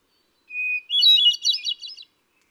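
Hermit thrush singing a level whistled opening note, followed by a rapid, ringing cascade of higher, tumbling notes.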